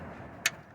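A torque wrench rechecks the same bolt on the OEM canister oil filter or drain bolt of a Triumph TR7 engine during an oil change. Over a low background rumble, it gives a single short, sharp click at 0.5 s. The wrench clicks again at its setting, confirming the bolt is at torque.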